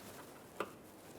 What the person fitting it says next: There's a nice click from that.